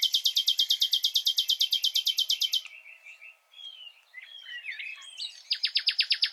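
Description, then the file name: Common nightingale song: a long rapid series of identical loud notes, a few soft slurred whistles, then another fast run of repeated notes. "Luscinia megarhynchos"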